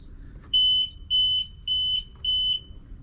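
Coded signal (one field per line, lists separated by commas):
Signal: beep code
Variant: Sea-Doo DESS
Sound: four identical high-pitched beeps, each about a third of a second, evenly spaced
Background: low background rumble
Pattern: 4 short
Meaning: Four beeps signal an electrical fault, here a missing CDI, so it won't start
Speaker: Then it beeps 4 times. It's flashing some lights.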